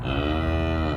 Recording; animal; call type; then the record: contact call of a hoofed animal; cattle; low-frequency (closed-mouth) or high-frequency (open-mouth) call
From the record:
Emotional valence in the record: negative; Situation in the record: full separation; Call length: 0.97 s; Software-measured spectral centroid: 1380 Hz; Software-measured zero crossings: 1140 a second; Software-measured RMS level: -24 dBFS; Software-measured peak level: -12 dBFS